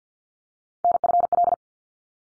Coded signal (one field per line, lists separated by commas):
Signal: Morse code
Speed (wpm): 50 wpm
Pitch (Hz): 700 Hz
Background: none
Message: NFL